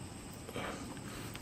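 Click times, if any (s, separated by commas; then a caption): none. A solar panel cable connector on a Renogy 100W solar panel is pushed into its mating connector or charge controller during hookup. There is a low, steady hiss with a slightly louder soft rustle around 0.5–0.7 s and no sharp transient. The connector goes in without snapping, and nothing has clicked or seated audibly.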